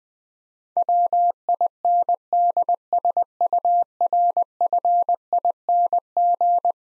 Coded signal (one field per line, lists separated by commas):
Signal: Morse code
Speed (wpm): 20 wpm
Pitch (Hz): 700 Hz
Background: none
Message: WINDSURFING